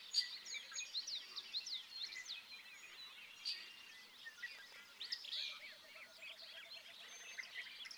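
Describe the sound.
Bobolink song, dense tinkling and gurgling notes that tumble over one another without pause, with the bright, metallic quality running through the whole stretch.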